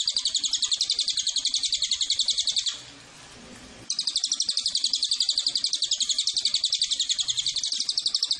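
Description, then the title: Cililin call: a loud, high, rapid buzzy trill of fast even pulses, broken by one brief pause of about a second before resuming. Lure recording used as a master and bait call to attract cililin birds. "MASTERAN SUARA BURUNG CILILIN BISA JUGA PANCINGAN CILILIN"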